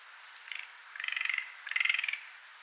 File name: Garrulus glandarius